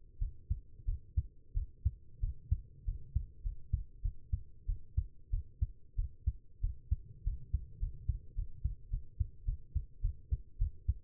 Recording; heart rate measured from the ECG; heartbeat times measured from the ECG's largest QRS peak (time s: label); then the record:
heart sounds by stethoscope; 98 bpm
0.19 s: heartbeat
0.86 s: heartbeat
1.54 s: heartbeat
2.20 s: heartbeat
2.85 s: heartbeat
3.43 s: heartbeat
4.02 s: heartbeat
4.66 s: heartbeat
5.31 s: heartbeat
5.96 s: heartbeat
6.61 s: heartbeat
7.24 s: heartbeat
7.80 s: heartbeat
8.35 s: heartbeat
8.90 s: heartbeat
9.45 s: heartbeat
10.02 s: heartbeat
10.58 s: heartbeat
From the record:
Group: healthy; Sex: female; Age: 19 years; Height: 163 cm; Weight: 51 kg